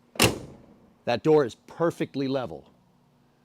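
A rear door is closed on a muscle car, and its latch catches cleanly on the body striker at 0.2 seconds with a single clunk and no extra contact, locking shut. Someone then talks.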